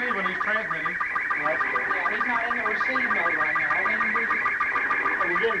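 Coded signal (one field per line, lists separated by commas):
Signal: SSTV (slow-scan television)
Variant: Robot 36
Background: speech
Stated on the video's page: Slow Scan Television received from the Space Shuttle Challenger in August 1985.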